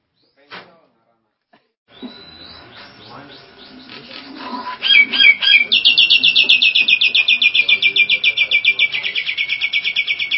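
Nias hill myna song: quiet clicks and warbling build into harsh notes, then a long fast rattling series of bright metallic notes lasting about five seconds.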